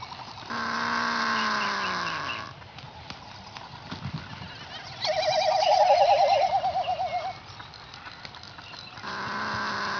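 Frigatebird calls: a long falling whinny-like cry, then a loud quavering warbled trill, with scattered clicks and chatter between.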